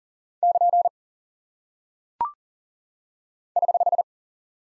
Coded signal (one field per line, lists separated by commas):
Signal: Morse code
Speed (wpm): 39 wpm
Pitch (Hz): 700 Hz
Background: none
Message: <KN> <HH>